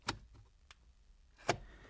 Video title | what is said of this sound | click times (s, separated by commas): How To Replace 2018 - 2024 CHEVY EQUINOX Cabin Air Filter - DIY Change Filter Replacement Location | the filter all the way in, and then we can close this access door and snap it shut. | 0.1 s, 1.5 s